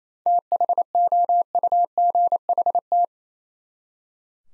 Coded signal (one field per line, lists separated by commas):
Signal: Morse code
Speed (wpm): 34 wpm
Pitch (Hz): 700 Hz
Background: none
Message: THOUGHT